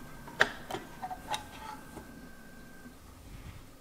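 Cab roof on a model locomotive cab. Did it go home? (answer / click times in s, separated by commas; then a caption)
released / 0.4 s. The removable cab roof of a Spur1-Exklusiv gauge 1 (1:32) brass model steam locomotive, a Bavarian D XII class 73, is lifted off; the roof is held by a spring mechanism and two pins that snap into place at the rear of the cab. A single sharp click at 0.4 s marks the roof coming free, followed by a few fainter ticks and light handling noise. The roof is released from the cab.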